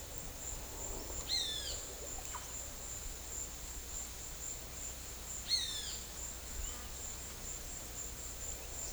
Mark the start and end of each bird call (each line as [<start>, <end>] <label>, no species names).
[1.28, 1.79] bird call
[5.43, 5.96] bird call